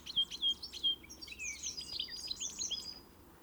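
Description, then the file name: European greenfinch calls: a few clear chirps with short level whistles at first, then a busier run of high twitters and slurred notes fading toward the end. "Chloris chloris"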